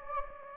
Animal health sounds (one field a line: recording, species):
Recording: mosquito wingbeat signal from an infrared sensor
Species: Anopheles gambiae